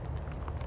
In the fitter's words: it snaps back in, and